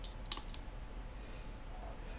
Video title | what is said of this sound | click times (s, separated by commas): Configuracion de camara de vigilancia exterior wifi Imou Bulletlite | la metemos hasta que haga un clic luego | 0.3 s